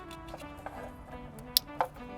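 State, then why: Seated. A gray plastic harness connector is pushed into the female side of a white factory connector and seats with a sharp click at 1.6 s, followed by a second snap at about 1.8 s. Music plays underneath throughout.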